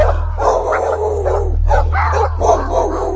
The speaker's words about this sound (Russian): Первыми почуяли неладное деревенские собаки. Они подняли истошный вой и начали рваться из дворов.